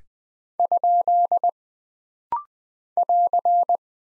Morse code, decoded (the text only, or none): ? <AR>